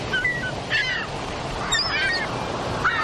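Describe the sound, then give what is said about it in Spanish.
Several shrill cries from flying seagulls ring out in short bursts over a steady, rushing wash of ocean waves hitting white sand on a beach, the calls coming every second or so with no one talking. “A veces el graznido de una gaviota al volar.”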